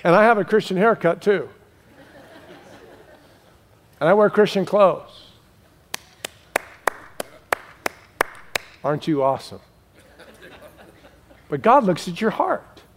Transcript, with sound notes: And I have a Christian haircut too. And I wear Christian clothes.” [Clapping] Aren’t you awesome? But God looks at your heart.